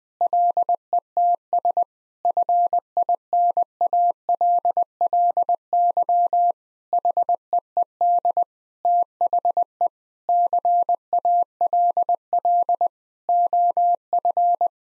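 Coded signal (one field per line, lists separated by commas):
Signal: Morse code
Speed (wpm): 21 wpm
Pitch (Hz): 700 Hz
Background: none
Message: LETS FINALLY HEED THE CALL OF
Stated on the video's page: Morse head-copy drill of common 8-word groups at 20 wpm, each sent, spoken, then sent again.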